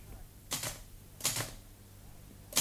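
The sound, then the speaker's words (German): Three sharp, crisp typewriter keystrokes clack out at uneven intervals as someone presses the individual keys to print letters on paper, each a bright metallic strike over a low steady hum, with a quiet pause between the first two and the last. “Und der Gouverneur sitzt stundenlang vor seiner Schreibmaschine, freut sich wie ein Kind, dass er die einzelnen Tasten herunterdrücken kann und dann die Buchstaben auf dem Papier erscheinen.”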